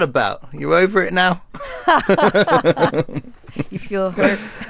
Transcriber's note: laughter